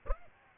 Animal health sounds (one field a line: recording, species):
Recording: mosquito wingbeat signal from an infrared sensor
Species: Aedes aegypti